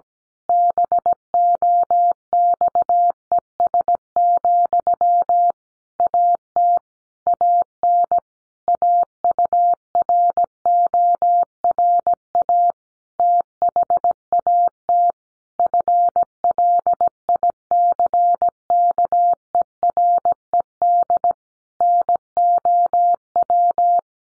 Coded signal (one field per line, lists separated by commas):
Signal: Morse code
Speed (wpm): 17 wpm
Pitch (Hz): 700 Hz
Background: none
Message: BOXES, AT AN AURORA THAT FLICKERED NOW